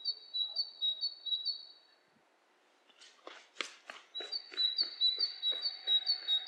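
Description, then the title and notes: Bird chirping in quick high series, interrupted by a cluster of sharp knocking clicks, then chirps return steady and rhythmic. Two birds interacting, lo-fi recording. "bird dialogs. lo-fi recording of two birds interacting"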